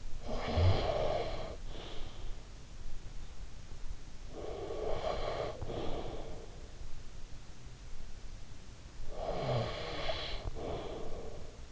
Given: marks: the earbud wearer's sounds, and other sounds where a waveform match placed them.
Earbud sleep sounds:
sounds in sleep by an in-ear microphone; breath
0.00-2.85 s: breath
3.73-7.40 s: breath
8.96-11.72 s: breath

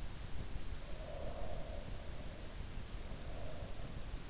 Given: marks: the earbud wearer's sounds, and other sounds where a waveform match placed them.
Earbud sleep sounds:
sounds in sleep by an in-ear microphone; breath
0.92-4.07 s: breath

